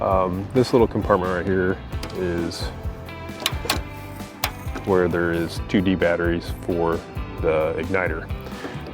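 Someone talks over music while handling the battery compartment cover or holder, which holds two D batteries for the igniter, on the bottom of a Joolca Hottap V2 portable water heater base. A few short sharp handling taps are heard, but the part has not yet snapped in and nothing has seated or clicked by the end of the clip.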